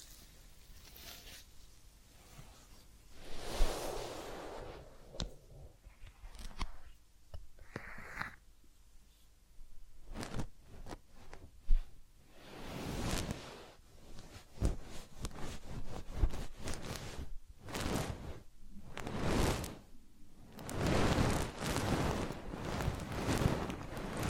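Massage and ear-cleaning sounds: soft rubbing and rustling strokes arrive in irregular bursts, separated by quiet gaps and broken by a few brief sharp taps. A short, higher squeaky tone appears near the eighth second, and the strokes grow fuller toward the end.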